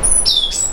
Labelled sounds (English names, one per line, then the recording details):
Stitchbird song
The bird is a male
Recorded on Tiritiri Matangi Island, New Zealand, in 2005
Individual 12, of nest box 16